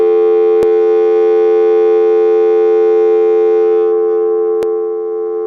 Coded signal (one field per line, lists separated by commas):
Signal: telephone call progress tone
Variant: North America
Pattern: dial tone